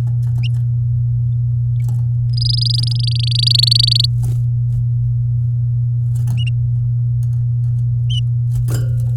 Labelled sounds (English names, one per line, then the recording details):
Domestic Canary song
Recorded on 9 May 2018 at 09:26
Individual llb16